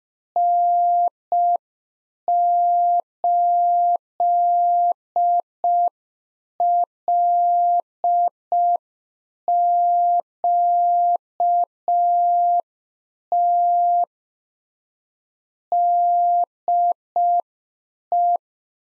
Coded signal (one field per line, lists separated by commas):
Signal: Morse code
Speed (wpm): 5 wpm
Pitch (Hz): 700 Hz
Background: none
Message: N8LQT DE